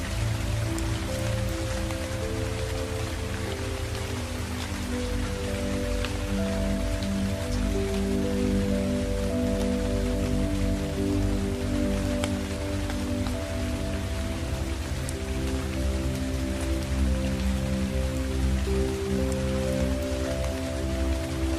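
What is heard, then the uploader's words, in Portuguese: Rain patters steadily and densely over a sustained, layered low musical drone whose held tones shift slowly, loud and even throughout. Sons da chuva com fundo musical binaural.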